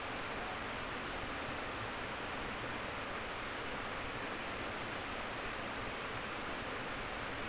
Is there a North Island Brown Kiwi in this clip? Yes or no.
no